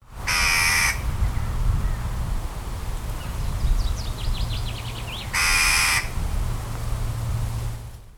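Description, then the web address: Western jackdaw gives two loud, harsh, ringing calls about five seconds apart, with faint high chirps from another bird between them and a low rumbling background. "linnut naakka"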